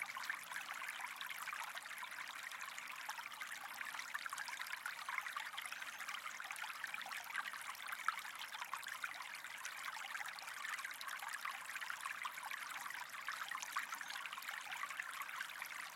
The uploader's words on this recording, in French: Murmure du Ruisseau: Apaisement et Harmonie Naturelle. Immergez-vous dans le son apaisant d'un ruisseau qui serpente doucement à travers une forêt luxuriante, où chaque goutte d'eau raconte une histoire de sérénité.